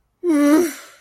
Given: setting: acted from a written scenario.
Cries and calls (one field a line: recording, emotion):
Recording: vocal sound without words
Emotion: embarrassment